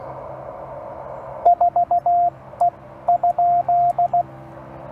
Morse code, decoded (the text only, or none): 4E?